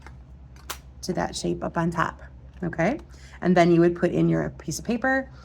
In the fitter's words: like so and it should click right in